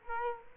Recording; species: mosquito wingbeat signal from an infrared sensor; Culex quinquefasciatus